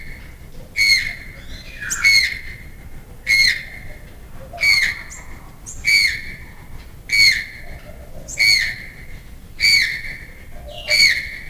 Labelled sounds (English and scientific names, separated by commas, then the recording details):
Channel-billed Toucan (Ramphastos vitellinus) call
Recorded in captivity
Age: adult
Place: Zoo Berlin, Berlin, DE
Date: 2002-01-03 10:04
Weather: sonnig, -6°C
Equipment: Marantz CP 130, Sennheiser MKH 416, Kopie Uher 4000 Report Monitor
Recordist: Tembrock, Günter
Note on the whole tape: Rufreihe